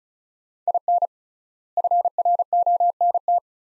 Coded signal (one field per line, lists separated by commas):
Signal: Morse code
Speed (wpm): 36 wpm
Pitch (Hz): 700 Hz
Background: none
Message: IN FRONT